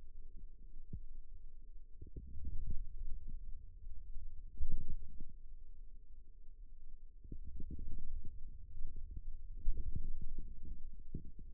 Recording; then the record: forearm muscle sounds (acoustic myography)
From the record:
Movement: ulnar deviation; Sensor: system 2, bracelet of six BSWA MPA416 microphones around the upper forearm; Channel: 2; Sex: male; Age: 22 years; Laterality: right